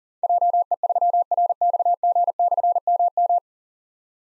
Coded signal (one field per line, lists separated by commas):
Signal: Morse code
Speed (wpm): 39 wpm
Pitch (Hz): 700 Hz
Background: none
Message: JE3RXG/MM